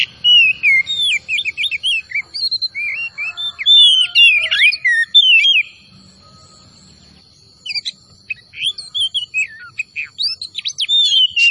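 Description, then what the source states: Oriental magpie-robin song: fast varied whistles and chips for several seconds, a short silence, then another burst of quick sharp notes. Singing vigorously, described as gacor; the bird is a kacer of the Tretes type.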